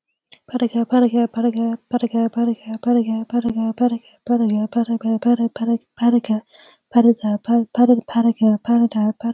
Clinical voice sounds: repeated syllables /pa ta ka/; female; 20 to 29 years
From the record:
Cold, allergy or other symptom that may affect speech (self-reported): no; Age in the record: 22 years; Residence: California, United States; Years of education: 17

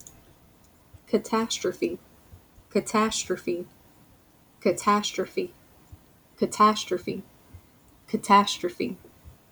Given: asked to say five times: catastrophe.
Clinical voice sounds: repeated word; female; 20 to 29 years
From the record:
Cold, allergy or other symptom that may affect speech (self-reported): no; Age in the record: 28 years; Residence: Louisiana, United States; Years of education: 16

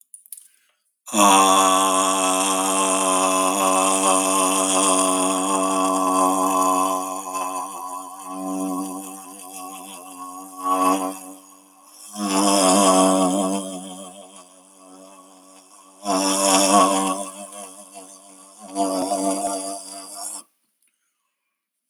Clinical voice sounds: vowel held as long as possible; male; 50 to 59 years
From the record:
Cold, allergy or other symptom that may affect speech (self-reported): no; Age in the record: 58 years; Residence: New York, United States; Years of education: 19

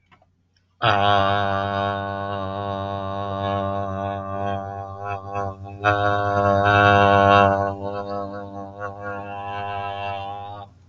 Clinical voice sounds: vowel held as long as possible; male; 40 to 49 years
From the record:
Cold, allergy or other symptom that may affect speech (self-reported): no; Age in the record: 48 years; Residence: Missouri, United States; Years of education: 14

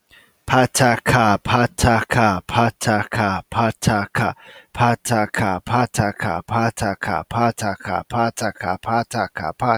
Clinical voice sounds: repeated syllables /pa ta ka/; male; 30 to 39 years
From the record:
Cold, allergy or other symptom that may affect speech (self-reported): no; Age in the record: 31 years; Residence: California, United States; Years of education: 16

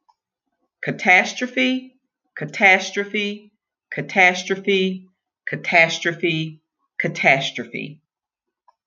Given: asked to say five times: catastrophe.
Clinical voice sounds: repeated word; female; 50 to 59 years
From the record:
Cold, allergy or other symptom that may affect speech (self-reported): no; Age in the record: 56 years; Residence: South Carolina, United States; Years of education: 13

